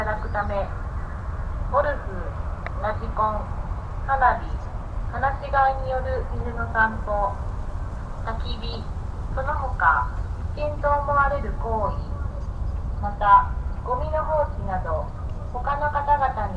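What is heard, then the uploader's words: A steady spoken public address announcement about park rules plays over a loudspeaker outdoors, thin and echoing above a constant low rumble. Field recording in a large park along Yasugawa in Shiga Prefecture, Japan (野洲川立入河川公園). An hourly public address message that asks people to obey park rules.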